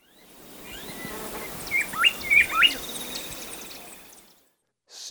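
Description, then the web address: Bar-winged wood-wren song: one short run of a few bright whistled notes. Recorded in Ecuador. "S America Birds of Ecuador. Bar-winged Wood-Wren"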